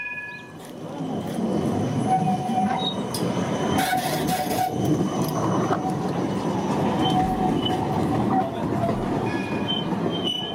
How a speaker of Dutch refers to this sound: Ja, moeten we dit uitleggen? Nee, toch? Dat is een tram, overduidelijk. Ja. Ja, dit is Amsterdam.